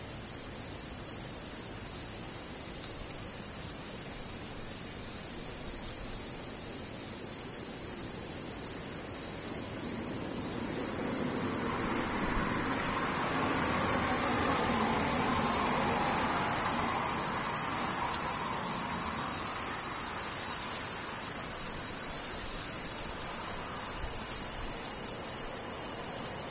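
Cicadas keep up a shrill, unbroken buzz high in pitch, several layered tones stepping slightly around 11 and 16 seconds. Underneath, a rushing noise like passing traffic swells in from about 10 seconds and lingers, so the whole clip grows steadily louder.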